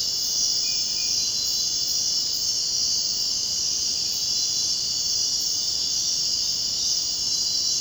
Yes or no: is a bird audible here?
no